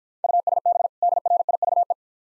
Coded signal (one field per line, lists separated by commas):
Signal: Morse code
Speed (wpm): 53 wpm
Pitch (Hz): 700 Hz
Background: none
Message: USB DRIVE